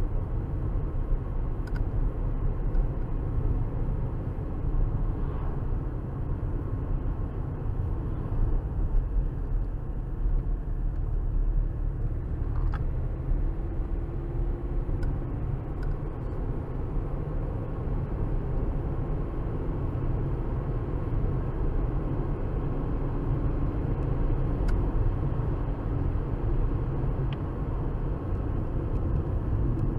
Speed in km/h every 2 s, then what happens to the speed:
72, 72, 72, 72, 68, 61, 63, 71, 77, 82, 89, 90, 92, 93, 90.
0-6 steady at about 72. 6-11 slows to 61. 11-25 speeds up to 93.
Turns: none.